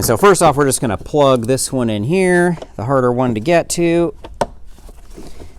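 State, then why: Seated. A wiring harness connector is pushed onto the new washer fluid level sensor in the reservoir bottle of a 2012 Ram 1500, a fix for the washer warning light coming on while the system is full. Someone talks, then a single sharp, loud click at 4.4 s marks the connector seating, followed by quiet handling noise.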